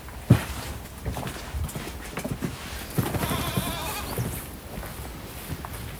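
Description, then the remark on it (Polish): A whole herd of goats on a farm bleats, with a drawn-out, wavering cry rising above scattered shorter calls, shuffling hooves and rustling movement. No one speaks. “Całe kozie statko.”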